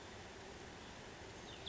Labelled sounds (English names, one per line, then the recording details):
Cassin's Vireo
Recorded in Sonoma County, California